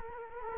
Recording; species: mosquito wingbeat signal from an infrared sensor; Culex quinquefasciatus